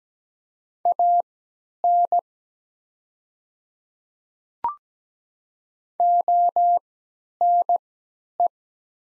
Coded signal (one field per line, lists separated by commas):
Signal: Morse code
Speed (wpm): 17 wpm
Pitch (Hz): 700 Hz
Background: none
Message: AN ONE